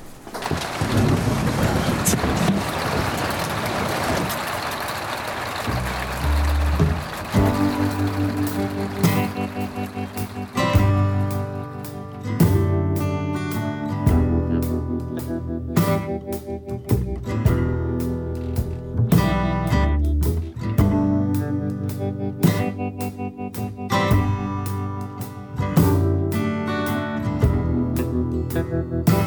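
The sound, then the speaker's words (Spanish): Steady, dense hiss of rain falling on a car fills the opening seconds, then old songs, melodic music with a rhythmic beat, play from the car's cassette player, the rain fading beneath it. “Escuchando viejas canciones en el cassette del coche bajo la lluvia,”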